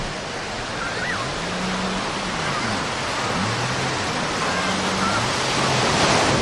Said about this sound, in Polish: Proszę Państwa, to ja to zrobię i wejdę na plażę, podejdę bliżej, tak żeby Państwo usłyszeli szum Bałtyku.